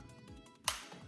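On a 2025 Kia K4 LXS with the 2.0L engine, the female wiring harness connector, its gasket checked to be in place and not deformed, is slid onto the new camshaft position sensor and pushed on. A single sharp click at 0.7 s stands out above a quiet background as the connector seats.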